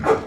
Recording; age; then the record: pig call; growing-finishing pig (85 days or more)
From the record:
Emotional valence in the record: positive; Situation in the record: run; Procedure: transit